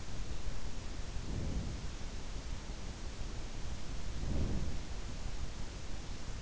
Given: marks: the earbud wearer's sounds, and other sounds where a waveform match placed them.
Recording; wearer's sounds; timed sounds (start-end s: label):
sounds in sleep by an in-ear microphone; breath
1.10-1.81 s: breath
4.14-4.72 s: breath